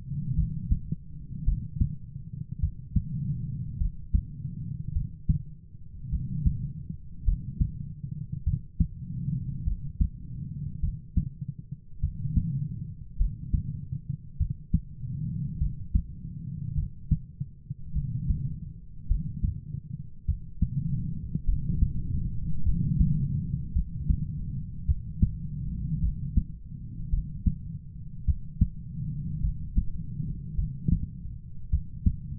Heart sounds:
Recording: heart sounds by stethoscope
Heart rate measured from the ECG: 52 bpm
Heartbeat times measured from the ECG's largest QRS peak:
0.34 s: heartbeat
1.43 s: heartbeat
2.59 s: heartbeat
3.77 s: heartbeat
4.92 s: heartbeat
6.09 s: heartbeat
7.23 s: heartbeat
8.43 s: heartbeat
9.63 s: heartbeat
10.79 s: heartbeat
11.99 s: heartbeat
13.16 s: heartbeat
14.36 s: heartbeat
15.57 s: heartbeat
16.74 s: heartbeat
17.92 s: heartbeat
19.06 s: heartbeat
20.24 s: heartbeat
21.44 s: heartbeat
22.62 s: heartbeat
23.72 s: heartbeat
24.85 s: heartbeat
25.99 s: heartbeat
27.09 s: heartbeat
28.24 s: heartbeat
29.40 s: heartbeat
30.54 s: heartbeat
31.69 s: heartbeat
From the record:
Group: heart failure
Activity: rest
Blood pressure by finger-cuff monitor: 76/43 mmHg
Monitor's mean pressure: 55 mmHg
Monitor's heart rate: 52 bpm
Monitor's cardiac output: 4.3 L/min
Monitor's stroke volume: 85 mL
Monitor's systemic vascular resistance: 870 dyn s/cm5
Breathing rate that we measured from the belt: 21 breaths a minute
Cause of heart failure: dilated cardiomyopathy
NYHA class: 3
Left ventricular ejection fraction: 27%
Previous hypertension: present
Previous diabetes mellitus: present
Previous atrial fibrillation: present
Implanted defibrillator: present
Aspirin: present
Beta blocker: bisoprolol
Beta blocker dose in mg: 1.25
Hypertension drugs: sacubitril-valsartan, spironolactone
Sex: female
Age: 39 years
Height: 170 cm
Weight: 64 kg

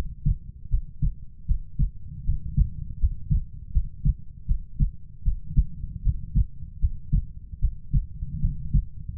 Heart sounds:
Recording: heart sounds by stethoscope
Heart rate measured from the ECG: 78 bpm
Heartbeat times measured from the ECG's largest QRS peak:
0.69 s: heartbeat
1.46 s: heartbeat
2.24 s: heartbeat
2.98 s: heartbeat
3.72 s: heartbeat
4.46 s: heartbeat
5.23 s: heartbeat
6.02 s: heartbeat
6.79 s: heartbeat
7.59 s: heartbeat
8.40 s: heartbeat
9.16 s: heartbeat
From the record:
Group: healthy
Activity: rest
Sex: female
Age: 19 years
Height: 163 cm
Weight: 48.9 kg

